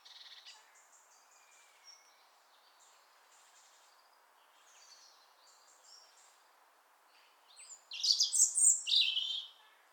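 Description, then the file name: European robin song, a single high tumbling phrase of thin warbled notes near the end, after several seconds of faint twittering and background hiss. "Erithacus rubecula"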